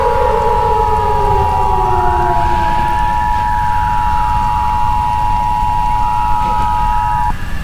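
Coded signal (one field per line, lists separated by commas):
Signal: Emergency Alert System (SAME) tones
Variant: 853 and 960 Hz attention tone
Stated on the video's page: Simulated EAS alerts in a fictional audio drama, with a rain backdrop.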